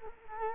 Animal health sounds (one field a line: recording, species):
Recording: mosquito wingbeat signal from an infrared sensor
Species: Culex quinquefasciatus